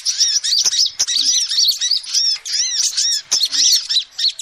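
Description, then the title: Lovebird calls: sharp, high squeaky notes tumbling rapidly in a busy stream, interrupted by brief clicks. Lovebird call used as a lure to trap birds. "PIKAT BURUNG LOVEBIRD"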